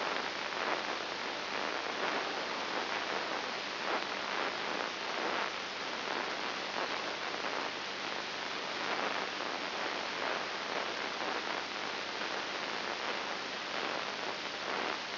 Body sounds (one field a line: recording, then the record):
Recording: brain microelectrode recording played as sound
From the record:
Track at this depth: inside the subthalamic nucleus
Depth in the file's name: 5.501 mm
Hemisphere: left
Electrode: 3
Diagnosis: Parkinson's disease